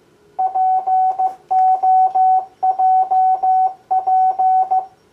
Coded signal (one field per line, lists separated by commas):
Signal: Morse code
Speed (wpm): 15 wpm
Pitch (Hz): 750 Hz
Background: none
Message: POJP